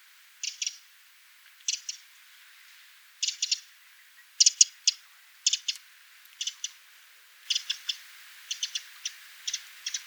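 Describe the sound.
Eurasian wren calling with short dry clicking bursts, single and doubled ticks repeated about once a second.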